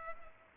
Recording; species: mosquito wingbeat signal from an infrared sensor; Culex pipiens